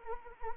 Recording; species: mosquito wingbeat signal from an infrared sensor; Anopheles arabiensis